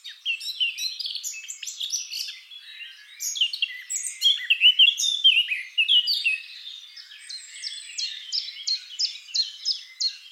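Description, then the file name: Eurasian blackcap song, a hurried scratchy warble that ends in a row of evenly repeated high notes. "Sylvia atricapilla"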